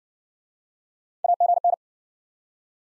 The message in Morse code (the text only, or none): AGN